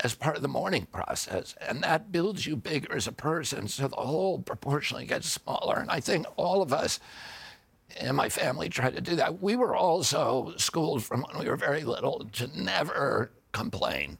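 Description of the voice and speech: Adult male speaker with spasmodic dysphonia, a neurological disorder that began at age 42 after an injury. The voice is gravelly because neurological signals keep tightening the vocal cords. Surgery about eight months earlier made the voice more reliable.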